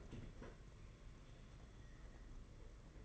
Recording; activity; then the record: daily activity, microphone in the room; open fridge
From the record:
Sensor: 4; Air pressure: 992.6 hPa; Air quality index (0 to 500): 168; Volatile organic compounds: 236 ppm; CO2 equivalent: 4323 ppm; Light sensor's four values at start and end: 19/66/24/25 and 19/65/24/25